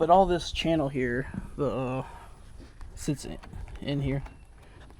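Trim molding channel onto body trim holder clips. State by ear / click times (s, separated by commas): not seated / none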